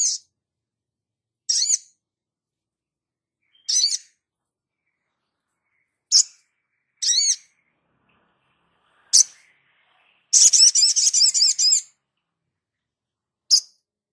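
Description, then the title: Spiderhunter song: short, high, thin twittering bursts every few seconds, then a longer rapid jumbled trill near the end, with silence between phrases. Masteran (training recording for cage birds), Labaik variant. "Masteran Burung Sogok Ontong Labaik"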